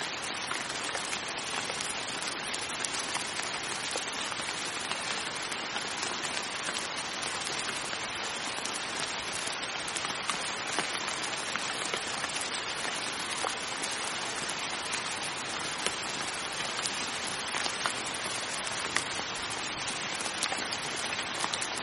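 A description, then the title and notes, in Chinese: Steady rain falls throughout, a dense, even hiss of drops with no pauses or buildup. Countless small taps and splashes sound close by, spread from the low-middle range up into a bright crackle, with nothing else standing out. 纯下雨声。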